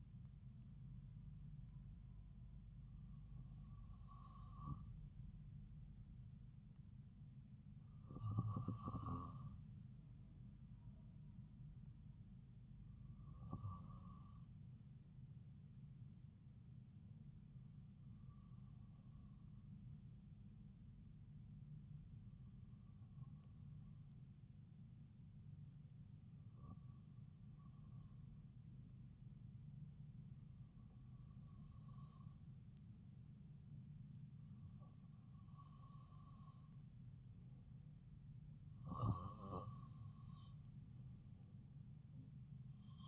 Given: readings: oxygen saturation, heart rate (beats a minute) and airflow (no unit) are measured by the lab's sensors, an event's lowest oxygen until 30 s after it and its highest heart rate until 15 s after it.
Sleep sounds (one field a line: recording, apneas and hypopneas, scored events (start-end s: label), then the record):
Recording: breathing in sleep by a smartphone at the bedside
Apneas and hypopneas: 1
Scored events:
19.00-38.10 s: hypopnea (N2, oxygen 96% highest, then 93% lowest)
38.00-43.08 s: new sleep stage, N1 (lightest sleep)
From the record:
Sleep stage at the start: N2 (light sleep)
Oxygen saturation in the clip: 93 to 96%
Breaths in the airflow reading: 9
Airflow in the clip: -2.6 to 2.3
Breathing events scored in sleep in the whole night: 270 in 6.1 hours asleep